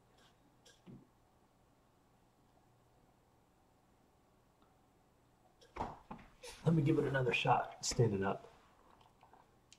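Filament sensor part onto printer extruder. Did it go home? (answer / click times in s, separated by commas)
yes / 9.7 s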